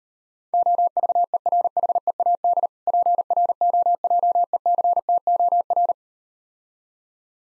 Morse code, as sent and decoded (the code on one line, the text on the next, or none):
--- ...- . .-. .... . .- -.. / .--. .-. --- .--- . -.-. - --- .-.
OVERHEAD PROJECTOR